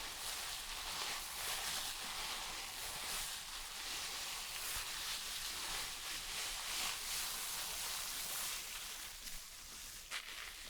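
Shampoo being worked and hair brushed make a steady, dense, bright wet hiss with soft rhythmic swells and a brief sharp scratch near the end.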